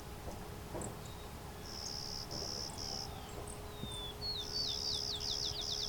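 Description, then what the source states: Clay-colored Sparrow singing flat, insect-like buzzes in two short series, over a steady low hum. Late June morning along a hydro corridor near Westover, Ontario, in open thicket habitat mixing open field and shrubs.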